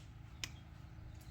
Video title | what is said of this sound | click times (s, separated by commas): 1000 mile service on my 2020 Ultra Limited (part 1) | you hear that little click | 0.4 s